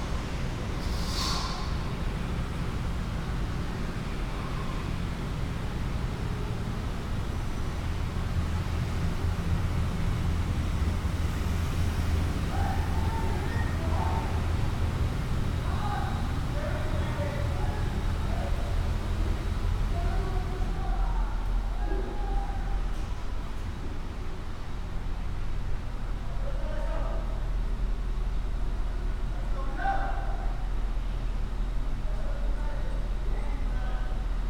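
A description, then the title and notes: A walk through a building under construction, with a constant low rumble of machinery filling the space. Short clanks, knocks and scattered voices pop up throughout, clustering between about 15 and 30 seconds, while a brief bright screech rings out near the start. Another soundwalk through various parts of the new NBMAA building under construction.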